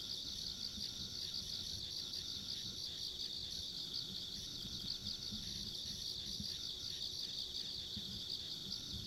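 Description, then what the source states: Insects in a dense chorus, a steady shrill trilling with fine pulsing that overlaps a thinner, higher whine, over a low rumble of background noise. Ambient insect sounds recorded along a country road.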